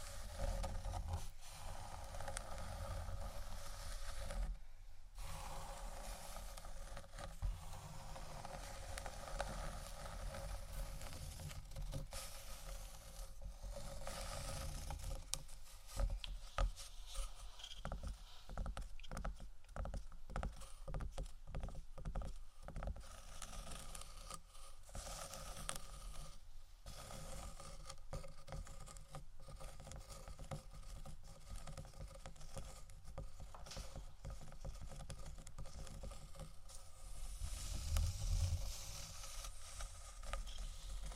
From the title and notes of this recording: ASMR Tapping & Scratching Wooden Items（No Talking）.